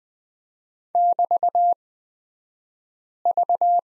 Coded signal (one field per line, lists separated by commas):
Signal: Morse code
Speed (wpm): 20 wpm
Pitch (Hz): 700 Hz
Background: none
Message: <BT>V